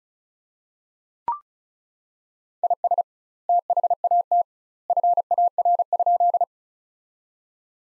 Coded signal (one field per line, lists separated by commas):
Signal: Morse code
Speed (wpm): 36 wpm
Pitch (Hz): 700 Hz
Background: none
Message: IS THAT FAR?